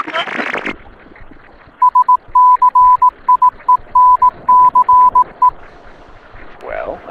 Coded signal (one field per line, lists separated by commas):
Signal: Morse code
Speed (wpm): 18 wpm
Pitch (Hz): 1000 Hz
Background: speech, radio noise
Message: SCIENCE